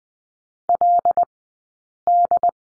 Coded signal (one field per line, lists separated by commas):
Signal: Morse code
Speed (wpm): 20 wpm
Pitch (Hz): 700 Hz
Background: none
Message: LD